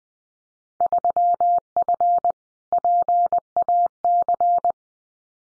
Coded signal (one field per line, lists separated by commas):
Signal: Morse code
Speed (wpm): 20 wpm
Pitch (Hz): 700 Hz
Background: none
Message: 3F PAC